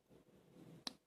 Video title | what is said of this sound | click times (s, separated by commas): Plomberie raccord sans soudure. | Voilà. Là, j'entendais un clic. | 0.9 s